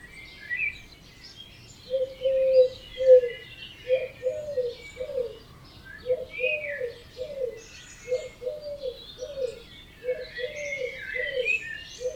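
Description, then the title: Birds at dawn, a soft low cooing phrase repeated over and over after a brief pause, under scattered high chirps and warbles from other singers. Dawn chorus recorded at 4am in Oberhofen, Inntal, Austria; binaural recording. "Birds Oberhofen Inntal Austria - 4am - binaural version"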